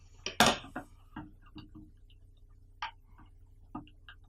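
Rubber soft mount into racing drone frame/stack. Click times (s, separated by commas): 0.3 s, 0.4 s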